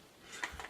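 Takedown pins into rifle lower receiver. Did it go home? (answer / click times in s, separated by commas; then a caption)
yes / 0.4 s. The upper and lower receivers of an AR-15 are squeezed together and the metal takedown pins are pushed into the rifle's lower receiver. A faint click comes at 0.4 s, followed by two softer ticks around 0.6 s, and the pins are seated.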